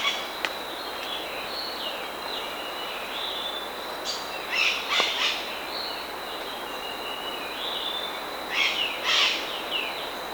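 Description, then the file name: Bird calls, short faint descending chirps scattered through, with louder clustered bursts near the middle and end, over a steady high whine and hiss. "SABIOD 50 bird 2015"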